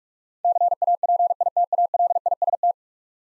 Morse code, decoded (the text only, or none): CAPITALIST